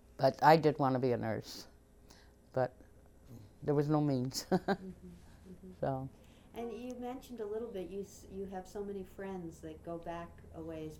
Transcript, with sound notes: But I did want to be a nurse, but there was no means. ( she laughs )
And you mentioned a little bit you have so many friends that go back a ways.